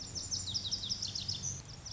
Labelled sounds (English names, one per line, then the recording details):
Lazuli Bunting
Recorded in Sonoma County, California